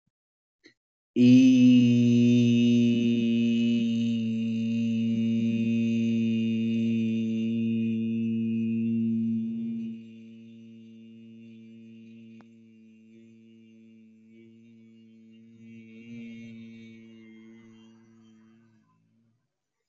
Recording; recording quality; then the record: sustained vowel as in beet; moderate, slight background noise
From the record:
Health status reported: healthy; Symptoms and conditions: none ticked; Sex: male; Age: 31 years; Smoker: not ticked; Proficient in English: yes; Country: India